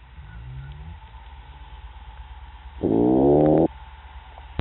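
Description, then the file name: Lusitanian toadfish giving a single steady, humming boatwhistle under a second long, rising out of low rumbling noise, with a sharp click at the end. "Amorim C-2008 Halobatrachus-didactylus Boatwhistle"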